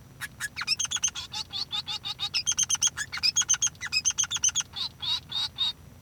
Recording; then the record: song of a male Bengalese finch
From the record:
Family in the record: son of father 3